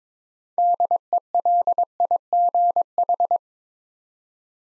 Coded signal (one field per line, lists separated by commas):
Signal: Morse code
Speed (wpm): 22 wpm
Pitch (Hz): 700 Hz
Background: none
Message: DELIGH